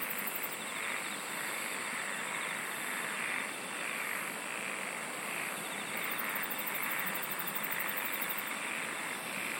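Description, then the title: An insect chorus, with high rapid pulsed trains and repeated shrill buzzes over a constant broad hissing drone. "SINGING OF INSECTS"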